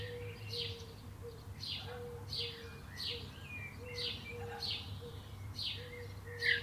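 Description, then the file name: Common blackbird calling with quick, high notes that slide downward, given in a steady series, while a softer, lower repeated tone continues underneath. "Turdus merula"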